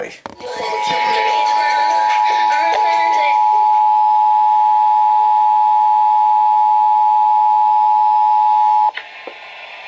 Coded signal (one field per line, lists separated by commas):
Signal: Emergency Alert System (SAME) tones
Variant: 853 and 960 Hz attention tone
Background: speech, music